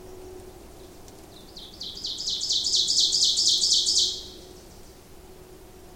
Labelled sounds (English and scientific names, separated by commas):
Ovenbird (Seiurus aurocapilla) song